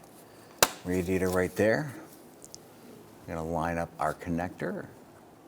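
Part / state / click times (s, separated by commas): fan harness electrical connector into fan motor plug / not seated / none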